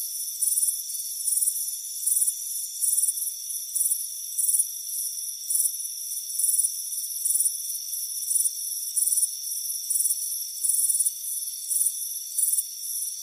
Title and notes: Soothing Crickets Chirping Sound. warm afternoon front porch chirping crickets